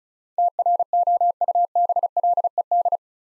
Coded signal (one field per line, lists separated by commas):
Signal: Morse code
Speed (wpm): 36 wpm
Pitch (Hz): 700 Hz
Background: none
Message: TROUBLED